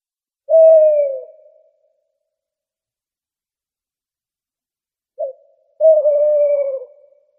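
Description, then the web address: Owl hoots, a steady, slightly falling note lasting about a second, then silence, then a brief note followed by a second long hoot. "gufo"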